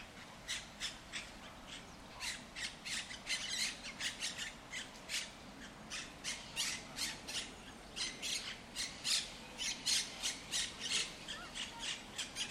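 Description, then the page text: Monk parakeets squawking, a long run of rapid raspy calls, some loud and some softer, overlapping in places. Monk Parakeets in El Retiro park, Madrid, Spain; said to be the largest population in Europe. "Cities and Memory - remixing the world. Monk parakeets in Madrid. Madrid has the greatest population of Monk Parakeets in Europe, many of whom can be seen and heard in the El Retiro park"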